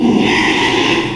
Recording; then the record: squeal of a Yucatan mini pig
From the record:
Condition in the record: after surgery on the right vocal fold (resection and tissue-engineered implant); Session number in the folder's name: 1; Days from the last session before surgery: 6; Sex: male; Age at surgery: 12 weeks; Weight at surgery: 13 kg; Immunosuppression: cyclosporine, prednisolone